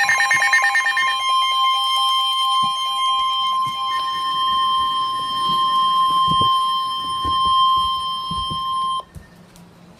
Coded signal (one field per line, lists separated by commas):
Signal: Emergency Alert System (SAME) tones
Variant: 1050 Hz attention tone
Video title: Severe thunderstorm warning (9/10/16) (EAS #81)